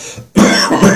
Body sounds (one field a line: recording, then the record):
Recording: coughing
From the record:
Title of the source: Spring Cold Coughing 3